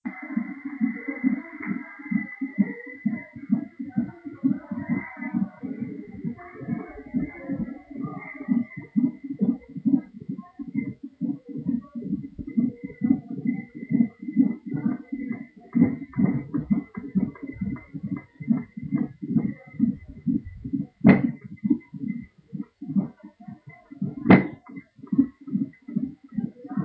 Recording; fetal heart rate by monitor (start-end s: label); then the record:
fetal heart sounds by stethoscope on the mother's abdomen
0.00-10.00 s: 131 bpm
10.00-20.00 s: 133 bpm
20.00-26.85 s: 138 bpm
From the record:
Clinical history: preeclampsia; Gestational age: 33 weeks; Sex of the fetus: boy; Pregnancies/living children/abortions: 1/0/0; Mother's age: 47 years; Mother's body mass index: 32.0